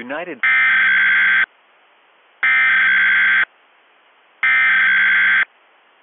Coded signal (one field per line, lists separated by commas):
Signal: Emergency Alert System (SAME) tones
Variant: header bursts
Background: speech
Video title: EAS Reenactment Mock: SVR with Midland WR120 - 07/16/2020